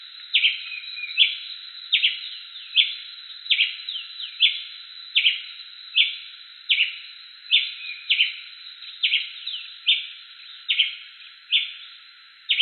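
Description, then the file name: Ruby-crowned tanager song, sharp chirped notes repeated about once per second in a long, unhurried series. "canto do tie preto"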